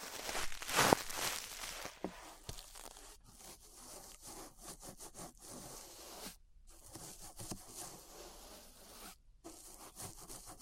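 Brushing against an ear makes a soft, rustling scrape that comes in uneven strokes. The loudest sweep is near the start, just before one second. Quieter, irregular rubbing follows, broken by two brief silences around six and a half and nine seconds.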